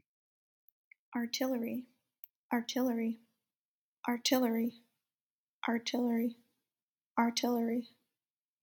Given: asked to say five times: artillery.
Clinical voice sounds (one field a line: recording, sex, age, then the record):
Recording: repeated word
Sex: female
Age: 20 to 29 years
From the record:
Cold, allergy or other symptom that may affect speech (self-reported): no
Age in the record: 23 years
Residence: Virginia, United States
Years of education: 17